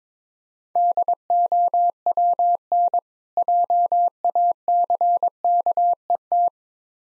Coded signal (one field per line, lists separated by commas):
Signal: Morse code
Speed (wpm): 22 wpm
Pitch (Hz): 700 Hz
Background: none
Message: DOWN JACKET